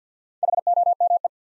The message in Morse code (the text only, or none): HOME